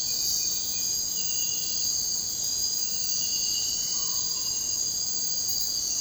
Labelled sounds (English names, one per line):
none